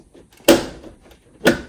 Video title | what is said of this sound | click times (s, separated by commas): Installing AC in the Shop! (20A Circuit Install) | And you hear that snapping? | 0.5 s